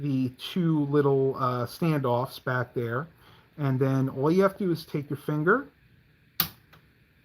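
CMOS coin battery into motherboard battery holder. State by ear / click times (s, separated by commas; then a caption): seated / 6.4 s. Someone talks while a coin-cell CMOS battery is angled under the tab toward the two standoffs of a motherboard battery holder. It is then pushed down with a finger until it snaps into the holder's metal clip, giving a sharp click at 6.4 s and a faint tick just after. The battery is properly seated.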